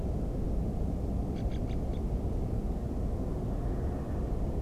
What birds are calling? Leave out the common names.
Turdus torquatus